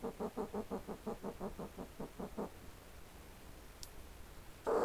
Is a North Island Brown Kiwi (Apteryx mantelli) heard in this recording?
no